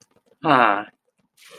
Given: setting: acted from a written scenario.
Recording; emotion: vocal sound without words; adoration